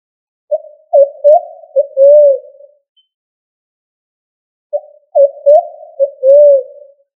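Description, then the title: Pigeon cooing, a soft low phrase of several notes dipping and rising, heard twice with a pause of about two seconds between the phrases. "Familia Columbidae Pomba"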